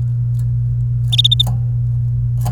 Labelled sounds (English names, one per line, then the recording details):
Domestic Canary song
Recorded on 29 April 2018 at 11:51
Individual llb3